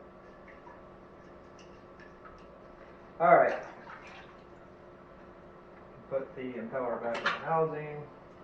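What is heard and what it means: After cleaning, the impeller housing of an aquarium return pump is handled and put back onto the pump body, to be turned until its plastic tabs lock. Someone talks in bursts around 3.2–4.0 s and 6.1–8.0 s over a steady low hum. Nothing has seated or clicked yet.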